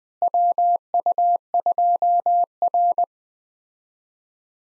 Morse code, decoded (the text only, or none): WU2R